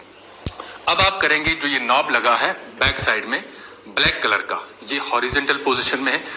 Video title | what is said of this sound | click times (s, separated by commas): EVM,VVPAT COMPLETE DEMO BY ASSISTANT PROFESSOR/EVM EXPERT | black को black के साथ, बिल्कुल आराम के साथ एक टक की आवाज आ जाती है, इसको आप कनेक्ट करेंगे। | 0.5 s